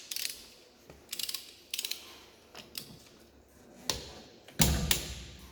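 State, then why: Torque reached. A click-type torque wrench tightens a wheel lug nut to its set torque. Several bursts of ratcheting sound early on, then the wrench clicks at 4.6 s and again at 4.9 s, showing that the nut has reached the set torque.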